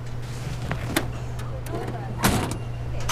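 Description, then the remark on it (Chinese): A luxury car's engine idles with a steady low hum while two sharp thuds, like a car door shutting and a latch clicking, punctuate it about a second apart as the car sets off. “我们带着他坐着他的高级汽车出发了，狗腿金坐在副驾驶，也是一脸的严肃。”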